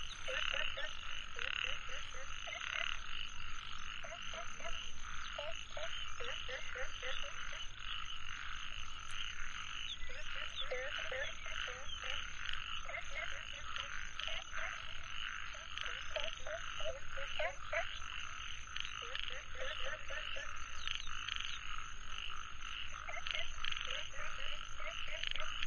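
Frogs call in a dense, overlapping chorus, with short bursts of low croaking repeating every second or two throughout. Behind them runs a steady, thick layer of insect buzzing and trilling, with a constant high-pitched whine on top. The mix stays level from start to finish.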